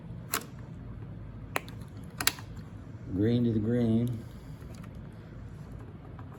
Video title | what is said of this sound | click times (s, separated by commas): How to do a valve clearance check and adjustment on the Lifan KPR 200 | so all you do is match the blue to the blue push it until it snaps | 1.6 s, 2.3 s